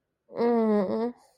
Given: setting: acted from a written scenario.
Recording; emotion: vocal sound without words; sympathy